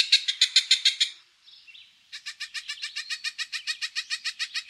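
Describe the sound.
Cooper's hawk cackle: a quick harsh 'kak-kak-kak' series, a short quiet scratchy gap, then a longer steady run of the same rapid notes.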